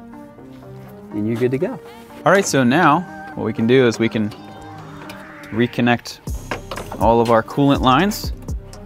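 A coolant hose quick-connect fitting is being handled at the radiator outlet during a Mishimoto heat exchanger/radiator upgrade on an A90 Supra, as someone talks over a faint steady background. Two brief sharp sounds occur near 8.5 and 8.7 seconds. The connector has not seated or clicked yet.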